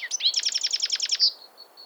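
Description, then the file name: European Goldfinch calling: a rapid run of about a dozen bright, high tinkling notes over a second, ending on a sharper squeaky note, then faint twitters. "Carduelis carduelis"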